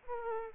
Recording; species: mosquito wingbeat signal from an infrared sensor; Aedes aegypti